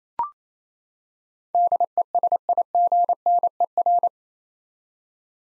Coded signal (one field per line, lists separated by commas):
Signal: Morse code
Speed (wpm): 27 wpm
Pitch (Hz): 700 Hz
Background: none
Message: DESIGNER